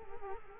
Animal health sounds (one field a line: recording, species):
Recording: mosquito wingbeat signal from an infrared sensor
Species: Culex quinquefasciatus